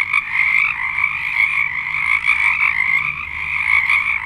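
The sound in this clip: Frogs trilling in chorus, a loud continuous high-pitched pulsing with slight rises and falls in intensity.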